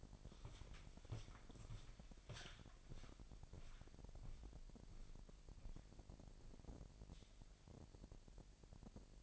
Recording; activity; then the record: daily activity, microphone in the room; walk to room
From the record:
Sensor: 5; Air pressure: 1002.1 hPa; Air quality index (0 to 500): 248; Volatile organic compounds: 7 ppm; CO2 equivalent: 2017 ppm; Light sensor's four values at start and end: 32/74/31/32 and 32/76/31/32